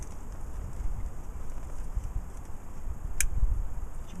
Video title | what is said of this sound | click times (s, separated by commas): Honda Accord Ignition Switch Replacement | it's pretty firm but make sure you hear that snap hear that click that means it's not gonna come out | 3.2 s